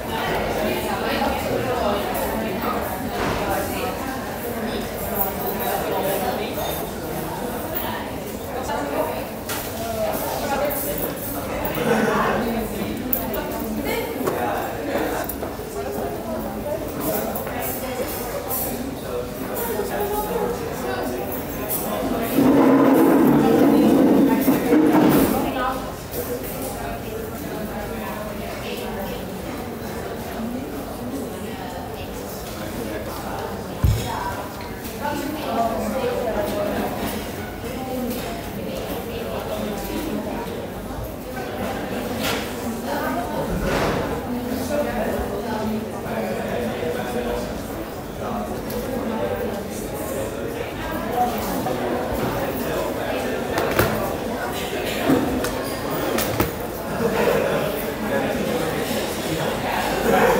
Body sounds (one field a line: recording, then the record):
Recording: background sound without coughing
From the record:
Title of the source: 40 min - Ambience sounds UNIVERSITY lunchroom chatting